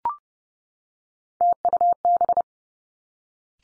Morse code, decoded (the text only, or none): TUB